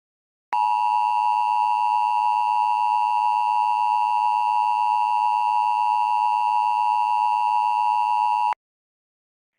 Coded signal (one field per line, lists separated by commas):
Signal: Emergency Alert System (SAME) tones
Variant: 853 and 960 Hz attention tone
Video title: EAS Mini 12: Power Spike (and a short update)